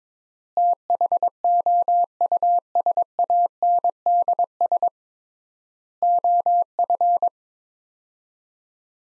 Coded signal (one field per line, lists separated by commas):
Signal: Morse code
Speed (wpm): 22 wpm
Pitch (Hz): 700 Hz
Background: none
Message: THOUSANDS OF